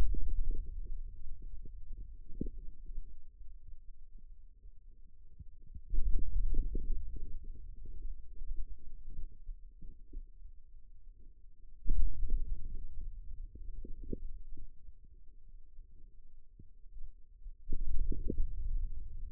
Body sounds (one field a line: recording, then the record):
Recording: forearm muscle sounds (acoustic myography)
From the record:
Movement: hand opening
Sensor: system 2, bracelet of six BSWA MPA416 microphones around the upper forearm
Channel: 5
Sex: male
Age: 22 years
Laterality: right